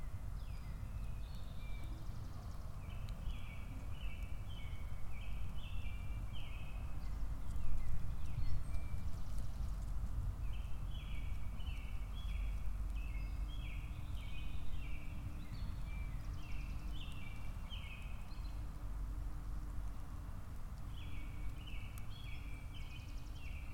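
Spring birds repeat quick chirping phrases in three bursts over a steady, dense patter of rain and a low rumble in the forest.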